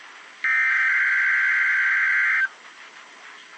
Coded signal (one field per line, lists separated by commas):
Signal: Emergency Alert System (SAME) tones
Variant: header bursts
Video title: Required weekly Test WXJ 61 and KJY 82